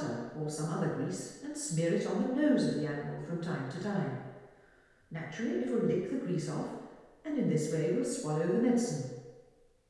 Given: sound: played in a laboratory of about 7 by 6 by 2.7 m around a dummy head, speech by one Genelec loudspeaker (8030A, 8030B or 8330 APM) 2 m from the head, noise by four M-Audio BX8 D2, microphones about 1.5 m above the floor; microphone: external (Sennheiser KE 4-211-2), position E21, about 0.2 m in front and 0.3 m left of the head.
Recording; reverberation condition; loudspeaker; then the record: female speech in English; high; 120 degrees to the right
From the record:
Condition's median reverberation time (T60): about 1300 ms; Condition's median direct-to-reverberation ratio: about -4.0 dB